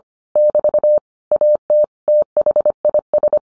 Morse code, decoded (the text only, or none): <BT> AT THIS